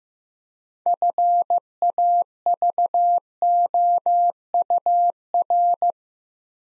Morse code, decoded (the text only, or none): FAVOUR